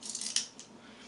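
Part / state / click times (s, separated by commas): magazine follower locking down in a pistol magazine / not seated / none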